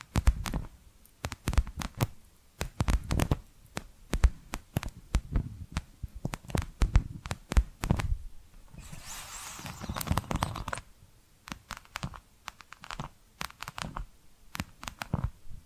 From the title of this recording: Hypnotic Tapping & Scratching Sounds